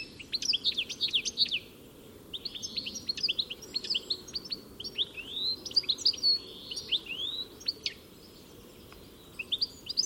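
Bird chirping in phrases of swooping, rising and falling high notes, separated by short quiet spells.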